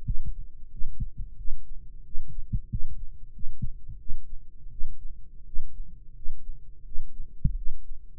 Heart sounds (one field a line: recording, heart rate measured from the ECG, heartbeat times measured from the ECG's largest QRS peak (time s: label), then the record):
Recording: heart sounds by microphone in the right ear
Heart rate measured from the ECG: 88 bpm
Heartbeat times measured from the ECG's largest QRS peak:
0.02 s: heartbeat
0.69 s: heartbeat
1.35 s: heartbeat
2.02 s: heartbeat
2.67 s: heartbeat
3.31 s: heartbeat
3.97 s: heartbeat
4.69 s: heartbeat
5.44 s: heartbeat
6.13 s: heartbeat
6.83 s: heartbeat
7.54 s: heartbeat
From the record:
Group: healthy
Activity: rest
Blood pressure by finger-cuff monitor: 145/80 mmHg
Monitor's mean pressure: 102 mmHg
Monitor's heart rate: 89 bpm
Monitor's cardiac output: 7.9 L/min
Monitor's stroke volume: 90 mL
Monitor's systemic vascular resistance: 950 dyn s/cm5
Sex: male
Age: 21 years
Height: 180 cm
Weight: 67.5 kg